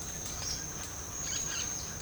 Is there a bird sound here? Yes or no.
yes